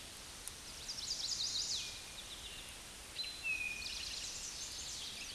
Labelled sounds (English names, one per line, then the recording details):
Eastern Towhee song
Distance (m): 25 m
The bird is about 5 m above the microphone
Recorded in a Pennsylvania forest on 16 May 2024 at 09:53
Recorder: AudioMoth, point MSD-1482
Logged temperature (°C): 15.6 °C
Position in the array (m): 202 m, 140 m